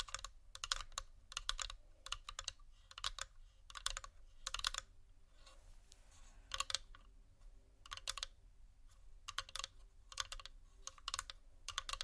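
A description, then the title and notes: Quick bursts of light plastic tapping come in clusters, fast, with bright clicky detail, pausing briefly around six seconds before resuming in regular groups. A soft, low rumble and faint crinkly texture sit steadily underneath the taps. Tapping,soft crinkle,scratch,plastic,textures(No Talking).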